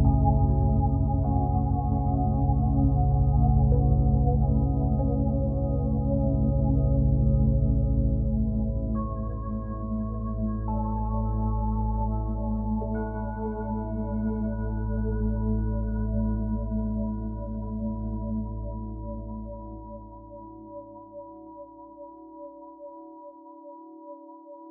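Binaural beats made of steady sustained tones, like a singing bowl's hum, with a deep rumbling drone underneath. Pitches step and shift slightly around the ten- and thirteen-second marks. The low drone thins out near twenty seconds, leaving softer high tones ringing.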